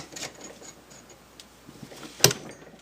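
The lever of an adjusted 5C collet closer on a lathe is thrown and snaps over into the locked position at 2.2 s, closing the steel collet in the spindle pretty tight. The click is a sharp, loud transient with a faint second tick just after. Quieter handling rustles come before it.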